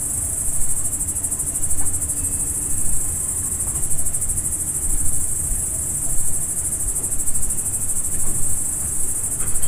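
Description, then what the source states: Cricket chorus, an unbroken high-pitched pulsing trill throughout, over a constant low rumble of background noise. Crickets at dusk, farm ambience in the Emmental.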